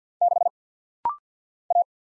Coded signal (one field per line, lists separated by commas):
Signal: Morse code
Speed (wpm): 50 wpm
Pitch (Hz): 700 Hz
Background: none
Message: 6 A